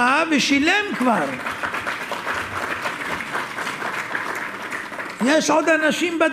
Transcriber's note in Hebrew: מחיאות כפיים